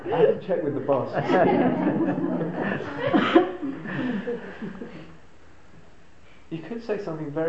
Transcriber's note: laughter